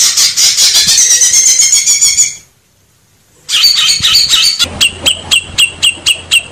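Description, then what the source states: Grey-cheeked Bulbul with a buzzy pulsed chatter, a short silence, then scratchy notes giving way to evenly spaced sharp ticks, about four per second. Used to train cage birds.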